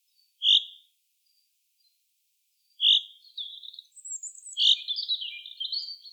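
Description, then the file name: Common chaffinch calls: two loud, short, sharp notes about two seconds apart, followed by a stretch of buzzy twittering chatter at a similar high pitch. "Fringilla coelebs"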